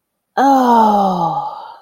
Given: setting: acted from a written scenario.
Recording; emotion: vocal sound without words; ecstasy